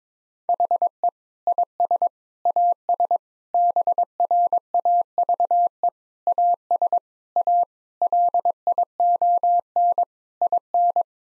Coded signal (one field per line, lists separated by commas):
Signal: Morse code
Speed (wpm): 22 wpm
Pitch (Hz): 700 Hz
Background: none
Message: HE IS AS BRAVE AS A LION IN